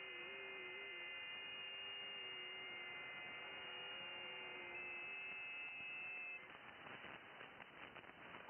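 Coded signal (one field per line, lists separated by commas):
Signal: FT8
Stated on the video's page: FT8 on 10 m (28 MHz), DX to Europe, with heavy band activity.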